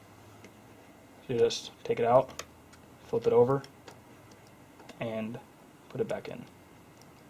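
A laptop screen inverter is taken out, flipped over to the correct orientation because it won't go all the way in the other way, and pushed back toward its laptop display connector. Someone talks over faint handling ticks. The clip ends before it goes home, so nothing has seated or clicked yet.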